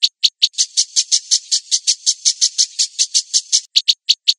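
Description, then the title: Long-tailed shrike giving a rapid, steady series of clipped, high, scratchy notes, starting and ending with spaced single chirps. Kombinasi (combination) style recording. "Cendet Kombinasi"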